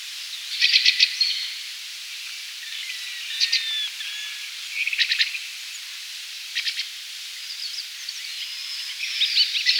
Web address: white collared blackbird call